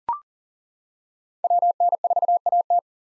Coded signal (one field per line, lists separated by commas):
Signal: Morse code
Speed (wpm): 37 wpm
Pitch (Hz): 700 Hz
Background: none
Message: WN4AT